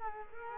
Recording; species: mosquito wingbeat signal from an infrared sensor; Culex quinquefasciatus